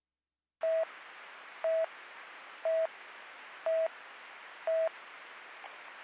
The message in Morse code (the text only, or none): none